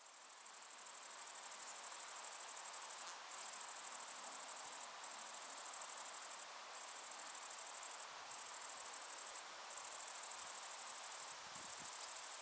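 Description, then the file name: Grasshopper stridulating: a shrill, high buzz of fast regular pulses, broken by brief pauses every one to two seconds. "Gräshoppa"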